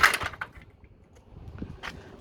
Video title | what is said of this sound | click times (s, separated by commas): Episode 5: Awnings & Antiflap | and lock into place | 0.4 s